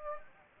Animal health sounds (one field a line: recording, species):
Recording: mosquito wingbeat signal from an infrared sensor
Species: Anopheles gambiae